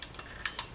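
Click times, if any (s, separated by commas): none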